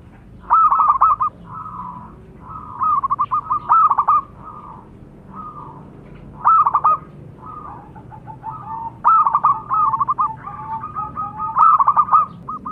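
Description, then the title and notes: Zebra dove delivering long runs of quick, rolling, stuttered coo notes, phrases nearly continuous and overlapping in places. Lure calls, cooing vigorously. "Pancingan Perkutut. Suara Burung Perkutut Gacor"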